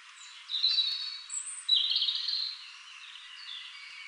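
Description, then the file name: European robin song: a few short phrases of thin, high notes separated by brief pauses, over faint steady background hiss. "Erithacus rubecula"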